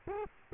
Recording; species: mosquito wingbeat signal from an infrared sensor; Culex quinquefasciatus